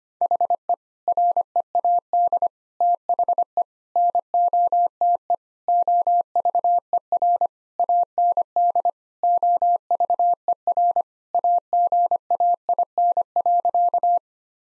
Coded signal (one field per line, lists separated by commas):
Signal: Morse code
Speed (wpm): 25 wpm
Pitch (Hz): 700 Hz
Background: none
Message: HE READ THE NOTE OVER AND OVER AGAIN.